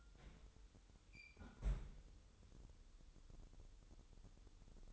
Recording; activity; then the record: daily activity, microphone in the room; close fridge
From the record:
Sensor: 3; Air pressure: 988.4 hPa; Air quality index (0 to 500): 192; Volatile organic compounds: 275 ppm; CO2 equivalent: 4424 ppm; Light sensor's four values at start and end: 24/75/31/27 and 24/75/31/27